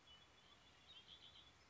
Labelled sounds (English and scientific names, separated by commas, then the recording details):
Red-winged Blackbird (Agelaius phoeniceus)
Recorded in Sonoma County, California